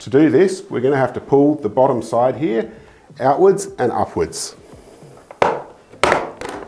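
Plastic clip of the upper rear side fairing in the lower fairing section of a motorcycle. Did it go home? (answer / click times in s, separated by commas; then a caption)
released / 5.4 s, 6.0 s. A plastic clip on the upper rear side fairing of a 2025 Honda Hornet CB1000 SP is released from its mount in the lower fairing section as the bottom edge of the panel is pulled outwards and upwards. Someone talks first, then sharp clicks are heard at 5.4 s and 6.0 s as the clip pops out.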